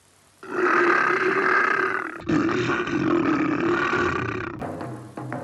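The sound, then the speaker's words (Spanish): A lion roars in two long, loud, rumbling bursts with only a brief break between them, each a deep guttural growl that holds steady before fading into a softer trailing sound. “Este es un león. Escuchadlo rugir.”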